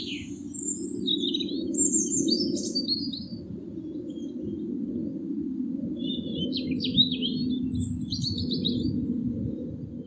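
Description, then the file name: European robin song, high thin warbled phrases with short pauses, over a steady low rumbling noise throughout. "Erithacus rubecula"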